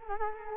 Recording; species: mosquito wingbeat signal from an infrared sensor; Culex quinquefasciatus